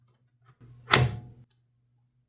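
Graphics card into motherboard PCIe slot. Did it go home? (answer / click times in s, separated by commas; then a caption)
yes / 0.9 s. A large graphics card is pushed down into a motherboard's PCIe x16 slot until the slot's retention latch clicks. A low hum runs underneath, then a soft rustle builds. A single loud, sharp click lands at 0.9 s, and the card is seated.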